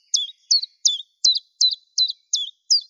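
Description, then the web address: Common chiffchaff: eight short high notes, each dropping sharply in pitch, in a steady series, with no other sounds. "Phylloscopus collybita"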